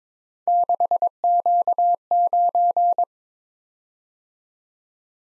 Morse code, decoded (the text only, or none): 6Q9